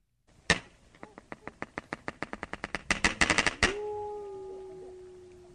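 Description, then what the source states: Walrus knocking: a series of sharp knocks that speed up and grow louder, ending in a ringing, bell-like tone that fades slowly. A male walrus in breeding season inflates a body sac and strikes it with a bone, producing a mechanical-sounding gong.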